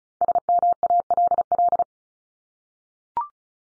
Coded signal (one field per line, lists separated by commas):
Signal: Morse code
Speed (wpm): 36 wpm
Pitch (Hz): 700 Hz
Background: none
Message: SMALL